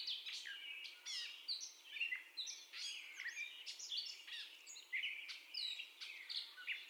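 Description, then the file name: Gray catbird song of varied jumbled phrases, squeaky whistles, harsh chips and slurred notes, delivered continuously in an uneven rhythm. Catbird's first song, 30 May 2021, 04:48. "2021-05-30 Catbird First Song"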